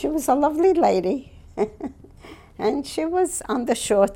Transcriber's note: she laughs